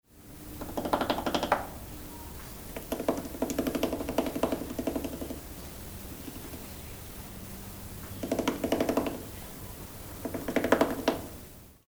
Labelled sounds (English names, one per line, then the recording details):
Trumpeter Hornbill
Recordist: Tembrock, Günter
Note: Schnabeltrommeln in der Bruthöhle